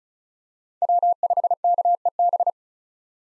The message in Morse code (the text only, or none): W5KEB